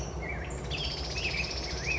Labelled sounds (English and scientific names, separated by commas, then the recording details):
Black-headed Grosbeak (Pheucticus melanocephalus)
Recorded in Sonoma County, California